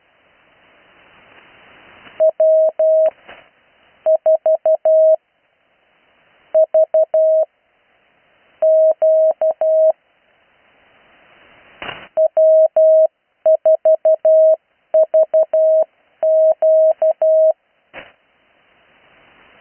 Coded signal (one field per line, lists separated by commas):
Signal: Morse code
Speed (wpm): 12 wpm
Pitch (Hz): 630 Hz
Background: none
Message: W4VQ W4VQ